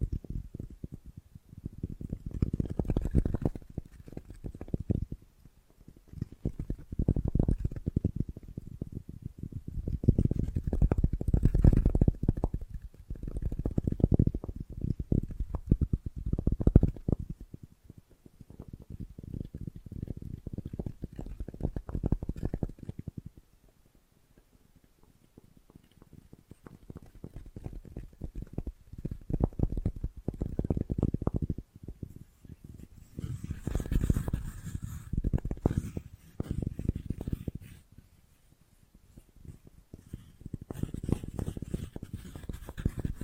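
Bracelets and jewelry boxes being handled, heard as dense bursts of dull, low rattling and knocking that swell and fade in waves. A near-silent lull falls around the 23–27 second mark, and later handling brings in some brighter, thin clinks above the rumble.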